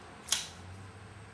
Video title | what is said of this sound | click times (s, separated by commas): Camillus Cuda | locks into place pretty quick it's got a solid lock up it's a liner lock | 0.3 s